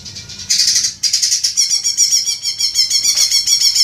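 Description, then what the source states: Leafbird song: loud rasping notes, then a rapid series of high notes running to the end. Local name cucak ijo; described as gacor, meaning singing vigorously.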